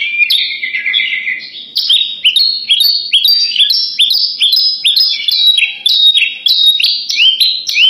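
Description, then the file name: Horsfield's bush lark singing a fast, continuous run of varied chirps and slurred whistles, many notes rising or falling, packed closely with no pauses. Tutor recording for training birds. "suara masteran branjangan"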